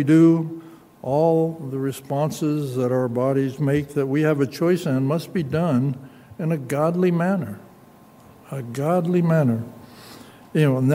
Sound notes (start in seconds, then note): none